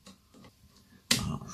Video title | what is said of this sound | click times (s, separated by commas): Parkside performance PWSAP 20-Li E5 Meuleuse d'angle 125mm sans fil | veux pas être médisant mais le truc il s'enclenche pas on peut faire ce que je veux ils ne s'enclenche pas | none